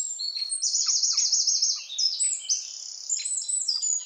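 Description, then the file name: Eurasian wren song: a loud, high, rapid trill that rattles up and down, then shifts into several separate high phrases. "Troglodytes troglodytes"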